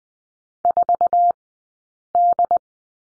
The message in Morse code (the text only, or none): 4D